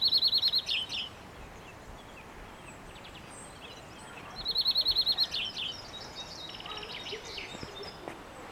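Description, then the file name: European greenfinch: a quick high trill followed by a few buzzier notes, repeated about four seconds later, with softer twittering in between. "Chloris chloris"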